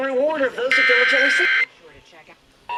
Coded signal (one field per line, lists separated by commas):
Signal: Emergency Alert System (SAME) tones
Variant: header bursts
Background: speech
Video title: THE MONTH OF FAILS... EAS Alerts from 5/2/18 - 5/23/18 (EAS #1,151 - 1,156)